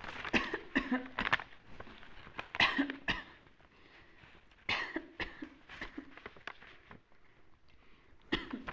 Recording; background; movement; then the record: voluntary coughing; quiet; sitting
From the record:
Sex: female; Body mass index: 25.5 kg/m2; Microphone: on the chest, facing the body